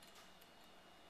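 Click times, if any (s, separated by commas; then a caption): none. A bike cable puller is squeezed by hand to tension a brake cable, its thumb lock ratchet handled over a steady background hiss with faint, soft ticks. Nothing has seated or clicked yet.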